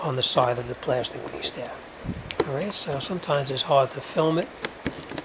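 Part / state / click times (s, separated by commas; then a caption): door release cable into plastic holder on door handle / not seated / none. Someone talks while handling a door release cable being fitted to the plastic holder on the side of the door release handle of a 2008-2012 Ford Escape during a front window regulator replacement, with a few brief handling ticks near the end at about 4.9 to 5.3 seconds. Nothing has seated or clicked yet; the cable is not yet snapped into the holder.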